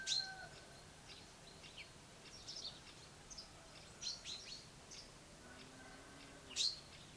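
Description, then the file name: Common chaffinch sharp high calls, one at the start, one midway and one near the end, among scattered faint twitters of other small birds. "Fringilla coelebs"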